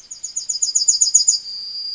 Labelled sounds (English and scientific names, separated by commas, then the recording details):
Yellowhammer (Emberiza citrinella) song
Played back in forest
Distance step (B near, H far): C
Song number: 154